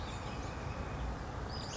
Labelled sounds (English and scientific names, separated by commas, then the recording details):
Western Flycatcher (Empidonax difficilis)
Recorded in Sonoma County, California